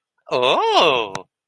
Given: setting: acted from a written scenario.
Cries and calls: vocal sound without words; positive surprise

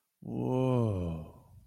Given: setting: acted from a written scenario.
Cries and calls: vocal sound without words; awe

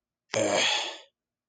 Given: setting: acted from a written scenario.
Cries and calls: vocal sound without words; contempt

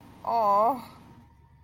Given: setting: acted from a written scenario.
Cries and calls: vocal sound without words; guilt

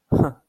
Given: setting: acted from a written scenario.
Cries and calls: vocal sound without words; contempt

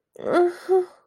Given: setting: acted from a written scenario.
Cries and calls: vocal sound without words; distress

